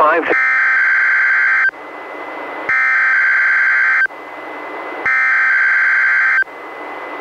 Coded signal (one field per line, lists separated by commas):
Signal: Emergency Alert System (SAME) tones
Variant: header bursts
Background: speech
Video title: EAS #416-417: 2 NWR Required Weekly Tests- Aug. 19-26, 2020